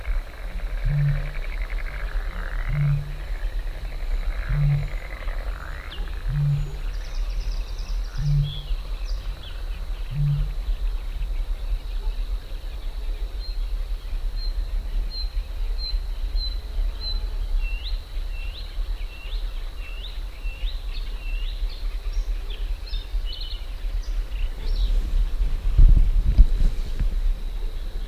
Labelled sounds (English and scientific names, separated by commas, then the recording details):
Bluethroat (Luscinia svecica) song
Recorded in the wild
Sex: male
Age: adult
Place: Parsteinwerder, Parsteiner See, Brandenburg, DE
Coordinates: 52.9575, 13.9719
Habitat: lake
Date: 2006-05-24
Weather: ca.10°C, no wind
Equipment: Edirol R-4, Sennheiser MKH 70, Windkorb
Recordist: Frommolt, Karl-Heinz